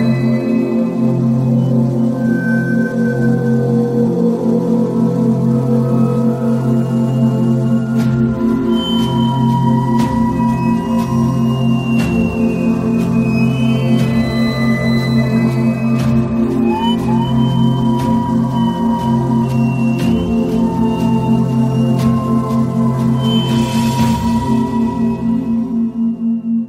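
A steady, dense bed of low sustained tones hums throughout without pause, the kind of layered drone used for binaural beats. Above it, soft gliding tones drift in and out like bowls or calls, with brief clicks and a faint brighter swell near 24 seconds.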